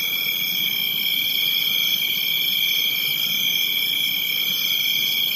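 High, unbroken cricket trilling, a steady shrill sound with no pauses throughout.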